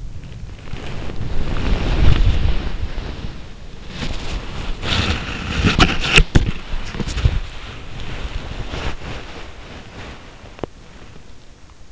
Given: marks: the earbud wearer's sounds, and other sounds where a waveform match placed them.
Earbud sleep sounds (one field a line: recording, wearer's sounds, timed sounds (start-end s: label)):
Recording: sounds in sleep by an in-ear microphone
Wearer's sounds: body movement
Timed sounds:
0.00-11.92 s: body movement